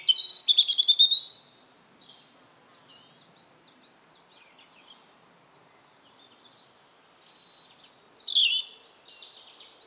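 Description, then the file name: European robin delivering a short burst of high warbling, falling quiet for several seconds apart from faint notes, then a second twittering, trilled phrase. "Erithacus rubecula 240917"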